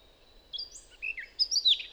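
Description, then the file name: Eurasian blackcap calling: short bursts of high, squeaky, warbling notes in three brief phrases over two seconds, with faint low background noise. "Sylvia atricapilla"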